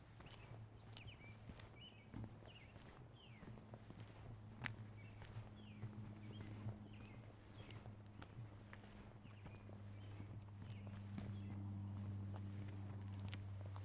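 A stroll through a Seattle neighborhood, with footsteps and small clicks scattered throughout and bright chirping calls repeating every second or so. A low steady hum runs underneath, joined by a second droning tone from about six seconds that grows slightly louder toward the end.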